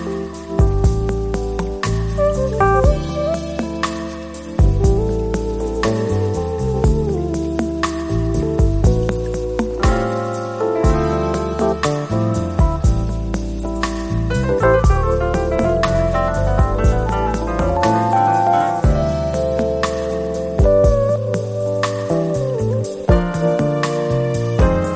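Smooth jazz plays throughout, with a walking bass line moving under warm sustained chords and a gliding melody that rises higher near the middle. Soft beats tick along at a steady pace, and the loudness stays even from start to finish.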